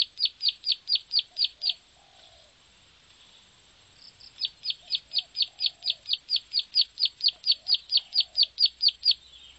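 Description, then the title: Bar-winged prinia: quick, high chipping notes, a pause of about two and a half seconds, then the same rapid even series resumes, with faint low whistles behind. "Suara Burung Ciblek"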